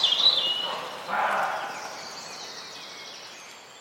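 Birds singing at dawn: a high whistled note at the start, then a faint high trill fading under background noise.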